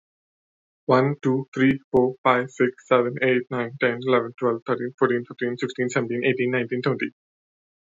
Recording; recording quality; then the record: counting at a fast pace; excellent, no background noise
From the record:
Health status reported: healthy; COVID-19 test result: not tested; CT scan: not taken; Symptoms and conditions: none ticked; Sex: male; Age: 30 years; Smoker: no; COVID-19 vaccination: one dose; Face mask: not worn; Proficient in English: yes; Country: India